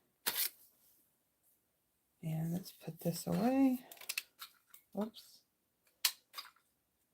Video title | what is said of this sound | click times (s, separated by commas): Throw Back Thursday: Using Retired Stash * Warmth & Wonder * | Oh, this one's not going to lock. | none